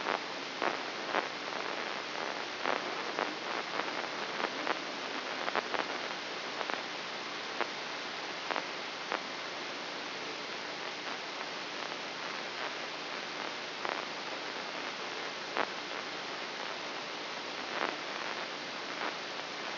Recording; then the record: brain microelectrode recording played as sound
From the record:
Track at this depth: outside the subthalamic nucleus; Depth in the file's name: 7.104 mm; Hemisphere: left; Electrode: 3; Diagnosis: Parkinson's disease